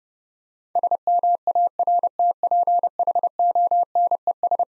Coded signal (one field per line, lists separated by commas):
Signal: Morse code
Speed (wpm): 30 wpm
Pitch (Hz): 700 Hz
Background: none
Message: SMARTPHONES